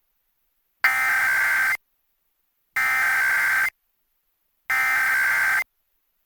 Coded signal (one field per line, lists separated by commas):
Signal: Emergency Alert System (SAME) tones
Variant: header bursts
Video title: 2023 National Periodic EAS Test - Local Radio Activation - 10/4/2023 2:20pm